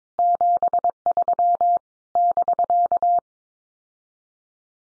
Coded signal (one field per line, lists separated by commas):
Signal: Morse code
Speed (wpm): 22 wpm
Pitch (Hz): 700 Hz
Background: none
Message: 73 <BK>